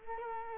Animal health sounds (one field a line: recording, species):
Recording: mosquito wingbeat signal from an infrared sensor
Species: Culex quinquefasciatus